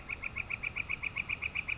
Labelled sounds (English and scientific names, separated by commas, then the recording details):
Northern Flicker (Colaptes auratus)
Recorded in Sonoma County, California